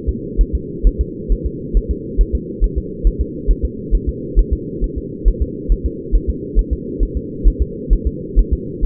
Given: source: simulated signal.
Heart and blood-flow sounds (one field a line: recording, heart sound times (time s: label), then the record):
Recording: fetal heart sounds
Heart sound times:
0.09 s: S2
0.41 s: S1
0.55 s: S2
0.87 s: S1
1.01 s: S2
1.32 s: S1
1.46 s: S2
1.77 s: S1
1.91 s: S2
2.21 s: S1
2.35 s: S2
2.64 s: S1
2.78 s: S2
3.07 s: S1
3.21 s: S2
3.51 s: S1
3.65 s: S2
3.95 s: S1
4.09 s: S2
4.39 s: S1
4.53 s: S2
4.84 s: S1
4.98 s: S2
5.28 s: S1
5.42 s: S2
5.72 s: S1
5.86 s: S2
6.16 s: S1
6.30 s: S2
6.59 s: S1
6.73 s: S2
7.03 s: S1
7.17 s: S2
7.48 s: S1
7.62 s: S2
7.93 s: S1
8.07 s: S2
8.39 s: S1
8.53 s: S2
8.85 s: S1
From the record:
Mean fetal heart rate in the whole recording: 135 bpm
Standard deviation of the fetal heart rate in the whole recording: 3 bpm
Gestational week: 36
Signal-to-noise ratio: -4.1 dB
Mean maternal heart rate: no maternal heart sound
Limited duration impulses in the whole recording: absent